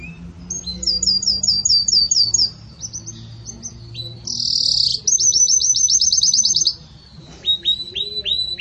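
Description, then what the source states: Canary song: quick repeated notes, a short buzzy burst and rapid trill, a pause, then more repeated notes. Pure campainha song style with pauses, for training birds.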